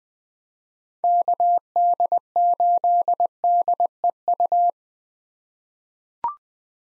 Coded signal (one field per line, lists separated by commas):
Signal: Morse code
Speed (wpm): 20 wpm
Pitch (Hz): 700 Hz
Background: none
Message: KD8DEU